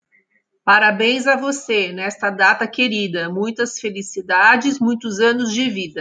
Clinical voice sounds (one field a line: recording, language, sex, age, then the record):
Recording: short text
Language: Brazilian Portuguese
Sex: female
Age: 50 to 59 years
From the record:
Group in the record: control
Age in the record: 50 years